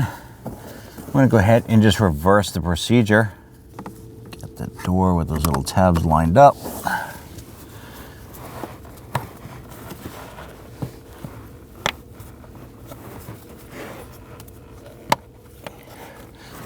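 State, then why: Seated. Someone talks while the plastic cabin air filter access door of a 2009-2017 Volvo XC60 is lined up by its tabs and pressed onto the filter housing. Sharp clicks are heard at 9.2 s, 11.9 s and 15.1 s as the door's three clips lock into place, and the door is seated.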